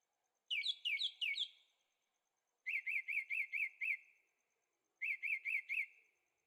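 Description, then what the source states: Bird song in three bursts of short, repeated slurred notes. Birds singing at night in Carefree, Arizona; recorded in stereo on a Zoom H6.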